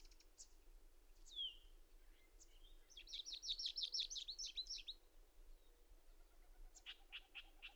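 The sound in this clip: Bird song: a quick burst of high rapid trilled notes in the middle, with scattered chips before and a few sharp notes after, over hiss.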